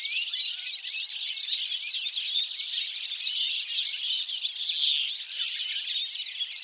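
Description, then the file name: European goldfinch twittering from many birds at once, a steady wash of bright, liquid chirps and trills. "Carduelis carduelis"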